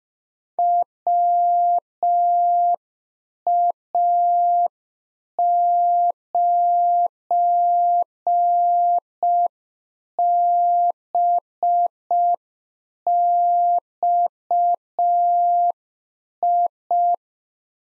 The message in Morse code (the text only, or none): WA9BXI